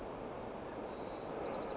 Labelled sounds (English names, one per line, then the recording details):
White-crowned Sparrow
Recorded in Sonoma County, California